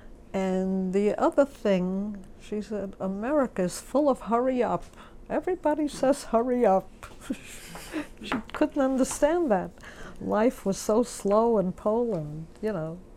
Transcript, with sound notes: And the other thing she said, "America id full of 'Hurry up!' Everybody says, "Hurry up.'" (She laughs.) She couldn't understand that. Life was so slow in Poland, you know.